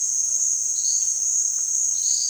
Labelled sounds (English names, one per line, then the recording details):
none
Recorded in dense forest near Puerto Asís, Putumayo, Colombia, on 25 June 2025 at 16:30
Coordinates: 0.466, -76.327
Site GP04